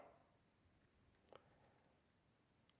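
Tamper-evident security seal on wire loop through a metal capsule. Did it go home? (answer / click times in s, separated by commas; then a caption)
no / none. A plastic tamper-evident security seal is pushed inward hard over a wire loop threaded through a metal backup capsule. Only small, faint ticks and scrapes are heard, near 1.4, 1.6 and 2.1 seconds. The seal has not clicked shut and is not locked, because the wires are too tight.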